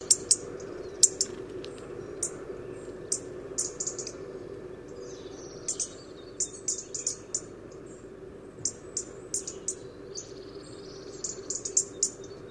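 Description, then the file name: European robin repeating high, dry ticking notes in scattered runs, with a low background drone throughout. "Erithacus rubecula"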